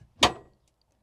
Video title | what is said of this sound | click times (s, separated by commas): Roaming Homes Ford Transit Custom Handover Video | You can hear it click. | 0.2 s